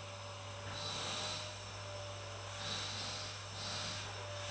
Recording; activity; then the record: daily activity, microphone in the room; vacuum cleaning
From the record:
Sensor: 2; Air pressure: 999.9 hPa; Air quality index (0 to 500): 127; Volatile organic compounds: 2 ppm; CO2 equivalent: 1091 ppm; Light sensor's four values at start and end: 28/71/30/34 and 28/71/30/33